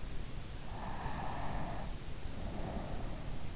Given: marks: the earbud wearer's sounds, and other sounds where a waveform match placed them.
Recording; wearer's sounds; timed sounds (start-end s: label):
sounds in sleep by an in-ear microphone; breath
0.71-3.40 s: breath